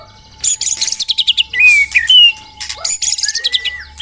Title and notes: Pikat Murai Batu Durasi Panjang. Burung Murai Batu